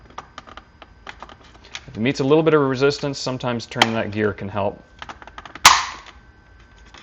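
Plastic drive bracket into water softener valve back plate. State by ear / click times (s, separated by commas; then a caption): seated / 5.7 s. A plastic drive bracket on a Clack water softener control valve is pushed onto the back plate during a meter replacement, with someone talking and small faint clicks as it meets some resistance and the gear is turned to help. A loud, sharp snap at 5.7 s shows the bracket has seated in the back plate.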